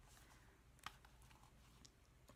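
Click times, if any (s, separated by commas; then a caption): 0.9 s. A small adjustable plastic part on an earbud or headphone, which has a lock/unlock button, is pushed into position. It gives a sharp click at 0.9 s, with fainter ticks around 0.8, 1.1 and 1.9 s over a quiet background. The part locks into place.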